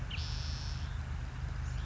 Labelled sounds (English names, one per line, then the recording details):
Spotted Towhee
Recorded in Sonoma County, California